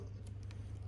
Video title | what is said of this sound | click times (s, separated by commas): 🔧 Google Pixel 8a Screen Replacement & Calibration – The Ultimate DIY Repair Guide! 🔧 | until it clicks in. | 0.5 s